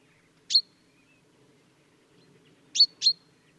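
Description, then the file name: Common chaffinch uttering one sharp high note, then a quick double note a couple of seconds later. "Fringilla coelebs"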